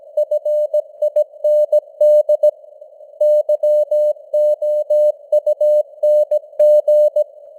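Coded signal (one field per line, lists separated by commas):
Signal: Morse code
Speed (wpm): 17 wpm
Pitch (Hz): 600 Hz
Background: none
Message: FIND YOUNG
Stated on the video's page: Simulated Morse news at 17 wpm with artificial radio noise and varying signal strength (QSB fading).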